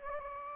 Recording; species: mosquito wingbeat signal from an infrared sensor; Anopheles gambiae